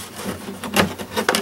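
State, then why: Seated. A scale ESM cockpit insert for a model Fw190D is worked up into the fuselage opening from below, with soft rubbing and scraping as it is fitted. A sharp click at 1.3 s marks the insert locking into place, seated.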